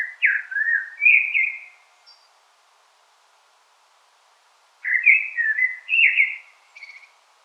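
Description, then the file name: Common blackbird song: two mellow fluted warbling phrases, each sliding between low notes and finishing with a thin high squeak, separated by a few seconds of quiet. "Turdus merula"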